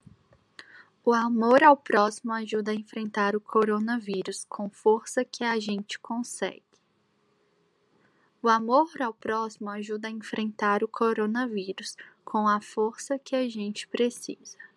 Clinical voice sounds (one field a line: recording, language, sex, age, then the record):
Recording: spoken sentence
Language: Brazilian Portuguese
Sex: female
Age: 20 to 29 years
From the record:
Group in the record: control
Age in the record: 26 years